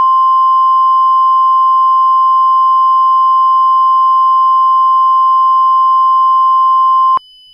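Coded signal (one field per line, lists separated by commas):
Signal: Emergency Alert System (SAME) tones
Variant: 1050 Hz attention tone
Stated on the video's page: Mock, not real, flash flood warning alert.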